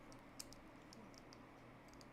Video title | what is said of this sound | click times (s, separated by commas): Pt3: We're building the Ultimate Destroyer: A 2000+ Piece Hulkbuster Knockoff LEGO Set (76066)! | Snaps on. Looks good. | 0.4 s